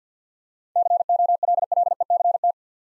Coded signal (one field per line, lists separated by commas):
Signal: Morse code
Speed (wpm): 53 wpm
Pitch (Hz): 700 Hz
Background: none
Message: COLLECT